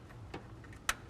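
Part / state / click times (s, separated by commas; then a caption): stepper motor lead connector into its wiring harness plug on a stove control board / seated / 0.9 s. A stepper motor lead connector, routed under the other wires with its small locking clip facing outward, is pushed into its mating wiring harness plug on a stove control board. A faint tick comes at about 0.3 s, then a sharp, bright snap at 0.9 s as the connector seats and locks in place.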